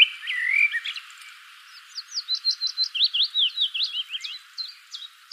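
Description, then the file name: Common blackbird singing a short mellow fluty warble, then a long stream of rapid, high, scratchy twittering notes. "Turdus merula"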